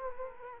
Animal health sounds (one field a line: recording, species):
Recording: mosquito wingbeat signal from an infrared sensor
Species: Culex quinquefasciatus